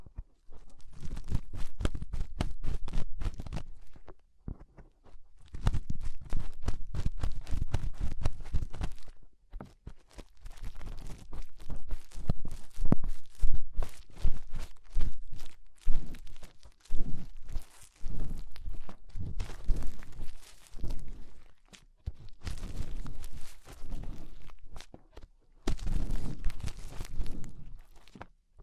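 Fingers rub and scratch inside the ear in dense, rapid bursts of crackly, rustling friction, heavy with low thumping. The scraping comes in stretches of a few seconds separated by brief silences, near 4, 9, 17 and 25 seconds.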